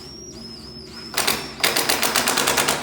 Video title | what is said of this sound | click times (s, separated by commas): Wood Working 3 Mirror Letter K Trim Install | now that particular one there you might have heard five or six clicks it started clicking before the head was seated | 1.2 s, 1.3 s, 1.6 s, 1.8 s, 1.9 s, 2.2 s